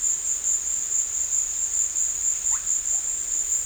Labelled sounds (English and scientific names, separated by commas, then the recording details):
none
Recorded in dense forest near Puerto Asís, Putumayo, Colombia, on 20 December 2024 at 15:00
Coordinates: 0.485, -76.318
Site GP03